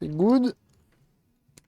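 A snap-fit part is being pressed back into a Sony PSP Street handheld game console during reassembly after a fuse replacement on a console that would not switch on. Someone talks briefly, followed by faint handling noises and a short, sharp tick near 1.6 seconds. The clip ends before the part goes home, so nothing has seated or clicked yet.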